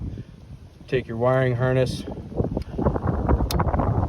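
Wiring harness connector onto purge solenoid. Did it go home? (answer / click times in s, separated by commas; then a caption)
yes / 3.6 s. Someone talks, then pushes the electrical wiring harness connector onto the EVAP purge solenoid of a Chevy Equinox/GMC Terrain, among several sharp snapping clicks. The connector clips into place and is seated with the loudest snap at 3.6 s.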